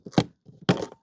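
A plastic side trim cover clipped into the dashboard panel at the end of the dashboard of a 2017 Audi A1 is pried off to reach the blower resistor. After a few lighter knocks, a sharp thunk-like pop at 0.7 s marks the clips letting go, and the cover releases easily.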